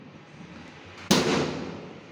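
The socket end of a mini hydraulic gas lift piston for a cabinet door is pressed onto its ball-stud mount, going on by pressure over a low, quiet background. One sharp snap sounds at 1.1 s, followed by a brief decaying ring, and the socket is seated on the stud, attached to carry the lift system.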